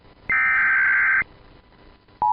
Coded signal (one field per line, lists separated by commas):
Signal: Emergency Alert System (SAME) tones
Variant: header bursts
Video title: EAS 22: AMBER ALERT FOR PENNSYLVANIA